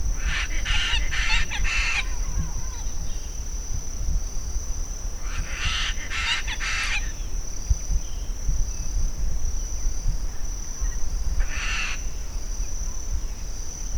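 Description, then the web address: Chestnut-fronted macaw calls: rasping squawks in two rapid bursts of four, then a single squawk later, with a constant high-pitched whine and low background rumble. "cantos guacacastana"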